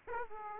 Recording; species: mosquito wingbeat signal from an infrared sensor; Aedes aegypti